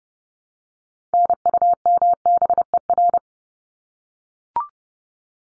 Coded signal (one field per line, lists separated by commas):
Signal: Morse code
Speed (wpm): 30 wpm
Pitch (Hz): 700 Hz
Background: none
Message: NUMBER